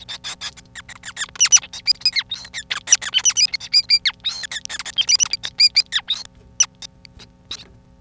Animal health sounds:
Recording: song of a male Bengalese finch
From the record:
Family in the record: son of father 5

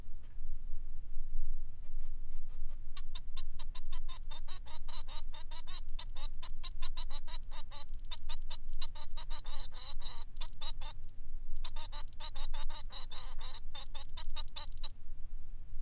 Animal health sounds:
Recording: song of a male Bengalese finch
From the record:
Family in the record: son of father 3

